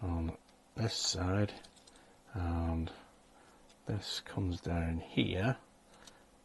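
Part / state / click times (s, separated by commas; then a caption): periscope motor assembly into model periscope housing / seated / 6.1 s. The plastic motor/rack assembly of a model U-boat's navigation periscope is lowered into the model periscope housing while someone talks. A single short click at 6.1 s marks the part snapping into place, seated.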